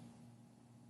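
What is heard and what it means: A power cable plug is handled at the socket on the back of a water sampling pump over a steady low hum with broadband hiss. Nothing has seated or clicked yet in this second.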